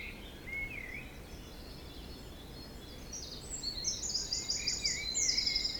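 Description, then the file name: Birds singing: a whistled slurred phrase early, then rapid high trilled notes building louder near the end, over constant wind noise. Forest in spring, windy at Beaufort force 3, recorded at 1 pm. "Forest Spring Birds Windy 3 bft 1 pm"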